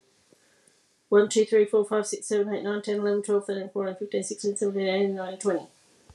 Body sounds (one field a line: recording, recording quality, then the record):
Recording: counting at a fast pace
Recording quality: moderate, slight background noise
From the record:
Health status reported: healthy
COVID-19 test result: negative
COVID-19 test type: RT-PCR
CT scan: not taken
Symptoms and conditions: cough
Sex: female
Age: 47 years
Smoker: no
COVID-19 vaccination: both doses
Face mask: not worn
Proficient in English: yes